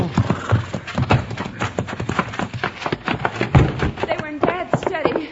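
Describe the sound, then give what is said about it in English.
Horse hooves clop loudly in a quick, uneven rhythm as the animal is reined to a halt, with a man's voice calling out "Whoa, whoa, whoa" over the hoofbeats. “Whoa, whoa, whoa.”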